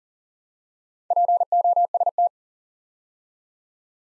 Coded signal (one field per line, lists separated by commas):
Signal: Morse code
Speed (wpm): 42 wpm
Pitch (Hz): 700 Hz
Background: none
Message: POST